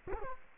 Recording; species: mosquito wingbeat signal from an infrared sensor; Culex quinquefasciatus